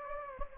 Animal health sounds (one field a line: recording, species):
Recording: mosquito wingbeat signal from an infrared sensor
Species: Anopheles gambiae